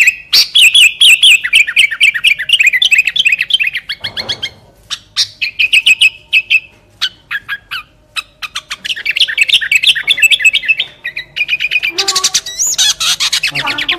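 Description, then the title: Sooty-headed bulbul song: rapid, dense chattering chirps and trills with wavering whistled phrases, nearly continuous, pausing briefly before resuming with a fast burst. "Kutilang"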